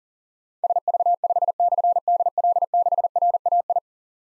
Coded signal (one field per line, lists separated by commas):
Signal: Morse code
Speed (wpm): 40 wpm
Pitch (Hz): 700 Hz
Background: none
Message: SV5/DL6RAI